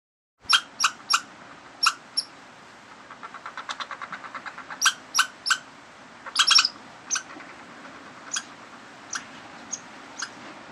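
Rodent squeaks and clicks: high chirpy notes, a quick run of soft ticking in the middle, then more scattered squeaks.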